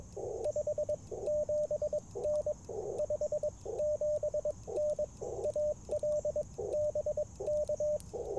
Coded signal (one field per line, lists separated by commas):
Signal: Morse code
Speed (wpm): 22 wpm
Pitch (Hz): 600 Hz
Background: radio noise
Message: 57N 57N AL BK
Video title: Morning Morse Code - 10/05/2024